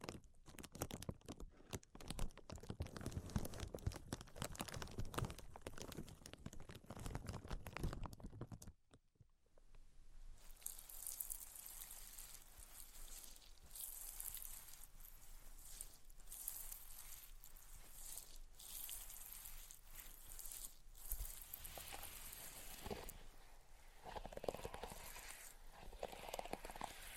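Tapping, scratching and tracing sounds run throughout. For the first nine seconds, dense, fast taps and scrapes come thick and loud, then stop abruptly. After a brief near-silence, a quieter, brighter stretch follows, with steady scratching and occasional sharper taps.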